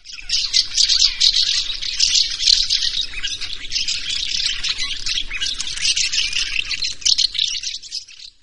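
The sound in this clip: Common House Martin twittering: dense, high chattering and chirping calls running continuously through the whole stretch.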